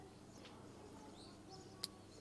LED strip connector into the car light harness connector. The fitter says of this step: Tac, on l'entend bien clipser, on est dessus.